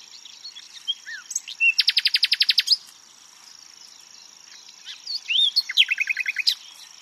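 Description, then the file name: Common nightingale song with two loud phrases of fast, evenly repeated chattering notes, separated by softer whistles and a pause, over a thin, steady high-pitched hum. "Luscinia megarhynchos"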